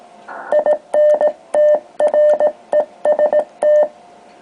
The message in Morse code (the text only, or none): INTREST